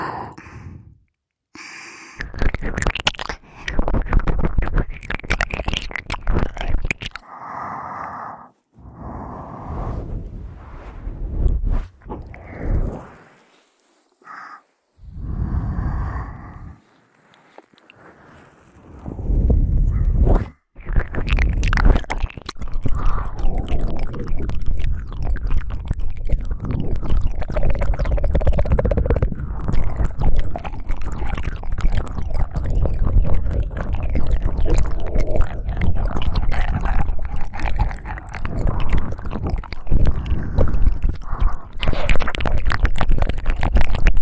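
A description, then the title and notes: Wet mouth sounds of ear eating, with smacking, chewing and crackling. The first twenty seconds come in short bursts separated by near-silent pauses; after that the sounds run dense and continuous, growing slightly louder toward the end. ASMR Halloween Ear Eating.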